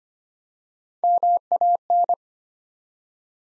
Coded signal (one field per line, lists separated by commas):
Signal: Morse code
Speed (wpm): 25 wpm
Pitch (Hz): 700 Hz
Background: none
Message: MAN